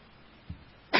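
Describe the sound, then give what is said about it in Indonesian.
A sneeze: a brief low catch of breath midway, then a sudden loud, sharp, hissing burst right at the end, with no talking. “Alhamdulillah. Yahdikullah.”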